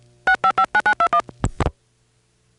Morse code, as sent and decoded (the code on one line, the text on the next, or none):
none